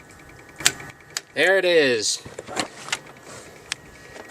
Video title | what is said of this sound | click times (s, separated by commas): oIl change video for youtube diy e36 | that right there and we're gonna keep going until we hear the click there | 0.7 s